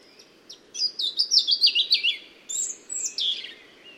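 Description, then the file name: European robin song: a rapid run of high warbled notes tumbling downward in pitch, then a short pause and a second thin, descending phrase. "Erithacus rubecula"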